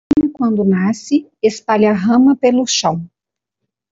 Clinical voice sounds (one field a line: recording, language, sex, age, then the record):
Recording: short text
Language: Brazilian Portuguese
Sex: female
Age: 40 to 49 years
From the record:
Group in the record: control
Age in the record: 40 years